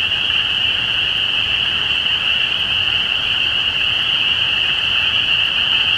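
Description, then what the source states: Spring peepers chorusing, a steady high-pitched shrill band made of many overlapping peeps, without breaks. Recorded at Easter 2017.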